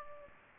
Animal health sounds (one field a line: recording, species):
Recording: mosquito wingbeat signal from an infrared sensor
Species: Aedes aegypti